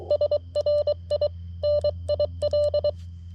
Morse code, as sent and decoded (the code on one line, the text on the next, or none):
... .-. .. / -. .. .-..
SRI NIL